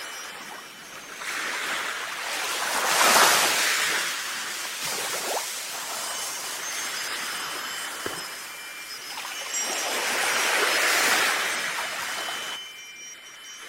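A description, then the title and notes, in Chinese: Wind chimes by the sea, with a steady hiss of surf underneath. Two broad waves swell and wash in, cresting near 3 and 11 seconds, while faint, high, thin ringing tones linger lightly over the water noise throughout. 海边的风铃。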